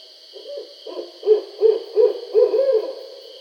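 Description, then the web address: Barred owl series of about six deep hoots, growing louder, ending with a long drawn-out note; soft hiss in background. Recorded 20 July 2012. "Barred Owl 2012 07 20 Barred Owl 01"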